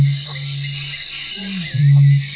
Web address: Kurs materiały Przyroda Ptaki BĄK